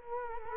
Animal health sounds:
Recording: mosquito wingbeat signal from an infrared sensor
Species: Culex quinquefasciatus

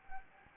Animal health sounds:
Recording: mosquito wingbeat signal from an infrared sensor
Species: Anopheles arabiensis

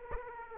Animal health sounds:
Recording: mosquito wingbeat signal from an infrared sensor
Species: Aedes aegypti

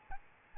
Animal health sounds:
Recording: mosquito wingbeat signal from an infrared sensor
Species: Aedes albopictus

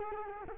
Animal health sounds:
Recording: mosquito wingbeat signal from an infrared sensor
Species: Culex quinquefasciatus

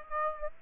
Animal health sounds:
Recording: mosquito wingbeat signal from an infrared sensor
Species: Aedes aegypti

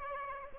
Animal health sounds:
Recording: mosquito wingbeat signal from an infrared sensor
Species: Aedes aegypti

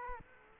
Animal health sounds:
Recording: mosquito wingbeat signal from an infrared sensor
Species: Aedes aegypti

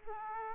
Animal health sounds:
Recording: mosquito wingbeat signal from an infrared sensor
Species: Aedes aegypti

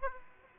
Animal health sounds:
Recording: mosquito wingbeat signal from an infrared sensor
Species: Aedes aegypti

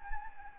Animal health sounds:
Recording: mosquito wingbeat signal from an infrared sensor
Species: Anopheles gambiae

